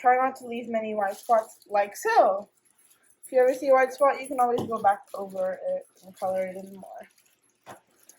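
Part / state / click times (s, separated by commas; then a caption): flip cap onto plastic dye squeeze bottle / seated / 8.1 s. Someone talks, then a flip-top cap on a plastic tie-dye squeeze bottle is snapped shut after applying colour, giving a small click at 8.1 s. The cap is closed.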